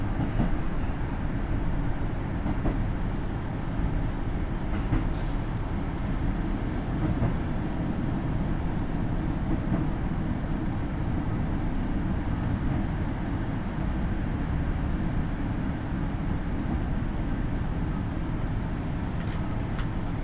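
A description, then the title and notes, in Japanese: A Takayama Line KiHa 75 diesel train rolls from Gifu toward Mino-Ota, giving a steady, dense rumble that stays heaviest in the low range for the full twenty seconds. Faint clicks and brief rattles surface now and then, around five and ten seconds, above the constant drone. 高山本線 岐阜→美濃太田（キハ75）。車両はキハ75系で快速みえ号にも使われています。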